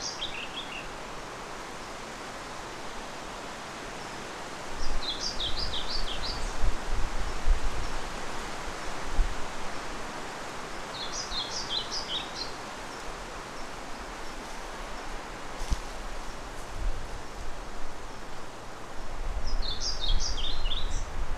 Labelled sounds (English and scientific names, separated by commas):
European Pied Flycatcher (Ficedula hypoleuca)